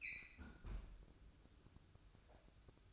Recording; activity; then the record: daily activity, microphone in the room; close fridge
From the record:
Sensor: 2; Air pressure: 1007.6 hPa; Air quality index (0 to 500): 59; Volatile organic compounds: 1 ppm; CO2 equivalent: 592 ppm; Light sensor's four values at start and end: 10/23/10/10 and 10/23/10/10